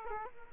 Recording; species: mosquito wingbeat signal from an infrared sensor; Aedes aegypti